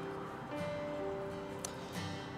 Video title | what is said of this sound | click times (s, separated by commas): Welcome to the Oasis in the Northwoods Charging Desert! The Tesla Supercharger in Minocqua, WI. | That one never has a good satisfying click, but there's a satisfying click. | 1.7 s